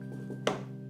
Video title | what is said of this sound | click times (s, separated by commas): Snap Rack frag rack for a 90 gallon frag tank in 4k | the plate and snaps in place you want to do the same thing also up | 0.5 s